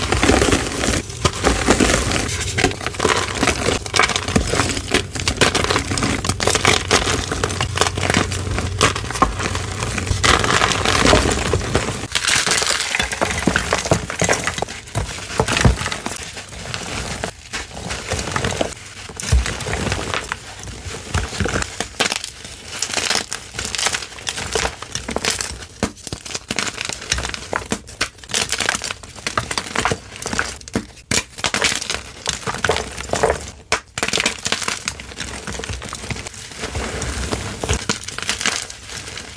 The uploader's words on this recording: Random Variety Gym Chalk Crushing Compilation. It's another random compilation of gorgeous soft gym chalk crushes for y'all! I cut out all the slow parts and the powder play, so it's just pure nonstop crushing.